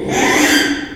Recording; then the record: squeal of a Yucatan mini pig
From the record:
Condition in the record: after surgery on the right vocal fold (resection and tissue-engineered implant); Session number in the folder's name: 3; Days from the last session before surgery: 33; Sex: male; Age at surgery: 12 weeks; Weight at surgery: 13 kg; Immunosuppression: cyclosporine, prednisolone